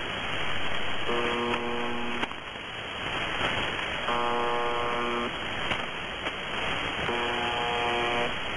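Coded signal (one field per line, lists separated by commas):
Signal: channel marker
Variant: UVB-76 (The Buzzer)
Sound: three short harsh low buzzes about three seconds apart over hissing radio noise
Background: radio static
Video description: MDZhB buzzing like it always fucking does.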